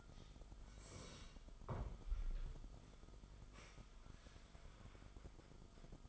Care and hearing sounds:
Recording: daily activity, microphone in the room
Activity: sit down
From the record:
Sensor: 5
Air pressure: 1005.2 hPa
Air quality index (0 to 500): 106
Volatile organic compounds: 2 ppm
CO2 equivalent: 1306 ppm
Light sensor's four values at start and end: 34/79/32/30 and 34/79/32/30

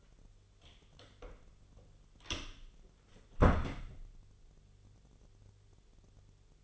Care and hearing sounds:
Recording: daily activity, microphone in the room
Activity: close door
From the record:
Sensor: 4

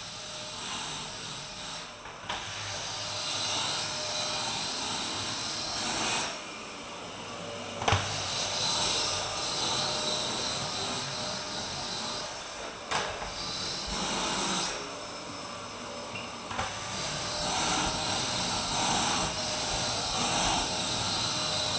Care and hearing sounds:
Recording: daily activity, microphone in the room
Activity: vacuum cleaning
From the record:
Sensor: 2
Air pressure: 1001.8 hPa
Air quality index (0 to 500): 248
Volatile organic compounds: 39 ppm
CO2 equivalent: 3130 ppm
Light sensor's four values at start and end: 8/28/11/10 and 8/26/10/10

